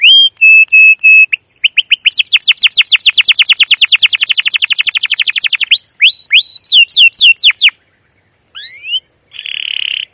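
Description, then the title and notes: Canary song: steady whistled notes, then a long rapid trill of descending sweeps, followed by upslurred chirps, a pause and a buzzy note. Canary recording used as a lure to train young canaries to learn to sing; song described as long, energetic 'cuit cuit' chirping with rolling phrases. "CUIT CUIT NGEROL LANGSUNG GACOR PANJANG Kenari Ini AMPUH Utk Pancingan KENAR. PANCINGAN Kenari GACOR PANJANG Cuit CUIT EMOSI ini AMPUH utk MASTERAN Kenari PAUD belajar BUNYI. burung kenari"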